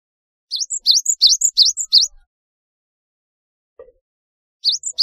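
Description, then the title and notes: Java sparrow giving a brisk series of high, slurred chirps, then a pause, and the chirping resuming briefly at the end. "Kicau Burung Gelatik"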